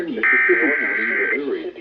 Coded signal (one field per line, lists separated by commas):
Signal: Emergency Alert System (SAME) tones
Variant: header bursts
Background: speech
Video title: EAS #1126 - #1128 Severe Thunderstorm Warnings